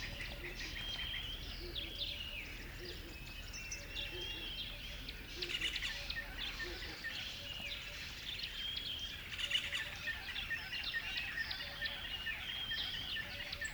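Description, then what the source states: Birds calling together in a busy chorus of chirps and trills. Birds on a river bed at dawn.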